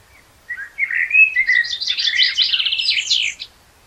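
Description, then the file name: Common blackbird song beginning with low warbled whistles that climb into a fast, high, scratchy twittering flourish lasting a few seconds. "Turdus merula"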